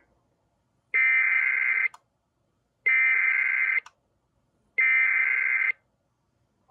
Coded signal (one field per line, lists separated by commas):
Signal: Emergency Alert System (SAME) tones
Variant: header bursts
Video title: EAS 1465-1466: 911TOE for Forest PA